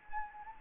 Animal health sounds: mosquito wingbeat signal from an infrared sensor; Anopheles gambiae

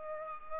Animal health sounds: mosquito wingbeat signal from an infrared sensor; Culex pipiens

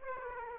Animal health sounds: mosquito wingbeat signal from an infrared sensor; Aedes aegypti

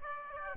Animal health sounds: mosquito wingbeat signal from an infrared sensor; Aedes aegypti

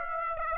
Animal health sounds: mosquito wingbeat signal from an infrared sensor; Aedes aegypti

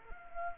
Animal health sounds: mosquito wingbeat signal from an infrared sensor; Culex quinquefasciatus

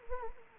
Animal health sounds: mosquito wingbeat signal from an infrared sensor; Anopheles arabiensis

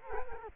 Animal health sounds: mosquito wingbeat signal from an infrared sensor; Culex quinquefasciatus

